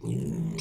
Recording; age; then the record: pig call; weaner (32 to 43 days)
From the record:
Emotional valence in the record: negative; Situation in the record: short isolation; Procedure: open field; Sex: female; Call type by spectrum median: low-frequency call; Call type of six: mixed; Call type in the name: high-frequency modulated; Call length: 0.61 s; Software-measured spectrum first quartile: 159 Hz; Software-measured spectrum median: 271 Hz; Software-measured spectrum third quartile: 1157 Hz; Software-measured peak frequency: 163 Hz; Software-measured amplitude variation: 149 dB a second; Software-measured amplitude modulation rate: 39.0 a second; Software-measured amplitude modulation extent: 3.8 dB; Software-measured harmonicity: 7.2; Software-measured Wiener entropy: -2.99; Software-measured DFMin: 1002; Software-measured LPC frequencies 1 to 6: 229, 2305, 4009, 5406, 6068, 7694 Hz